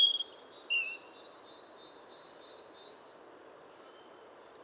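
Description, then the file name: European robin giving thin, high whistled notes, some sliding down, early on, then a fainter run of repeated high notes over a steady background hiss. "Erithacus rubecula"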